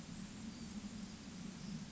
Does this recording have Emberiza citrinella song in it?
no